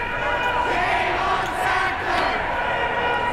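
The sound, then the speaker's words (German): A crowd of protesters in the temple hall of a museum shouts and chants together against the Sackler family, in a protest led by artist Nan Goldin, a loud, steady roar of many overlapping voices with raised, strained pitch, echoing throughout. “Plötzlich wird es laut in der Tempelhalle.”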